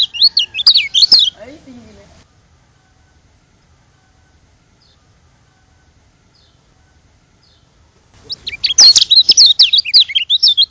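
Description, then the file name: White-eye song: a rapid, high, warbling twitter of looping notes, a short burst at the start, then about six seconds of quiet before a longer burst. Lombok. "burung kecial lombok"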